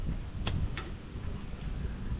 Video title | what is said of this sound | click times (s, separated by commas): ZAutomotive Locker Sensor cable to solve Service Axle Locker System Warning. | it snapped in place. So that's it. | 0.5 s